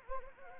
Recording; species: mosquito wingbeat signal from an infrared sensor; Anopheles arabiensis